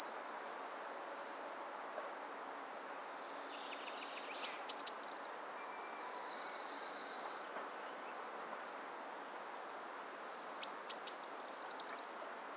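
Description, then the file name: Eurasian blue tit giving two high trilled phrases about six seconds apart, each opening with sharp falling notes. "Cyanistes caeruleus"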